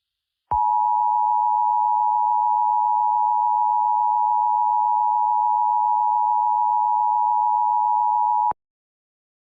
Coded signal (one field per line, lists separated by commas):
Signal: Emergency Alert System (SAME) tones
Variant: 853 and 960 Hz attention tone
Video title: EAS Screario Cartoon Cat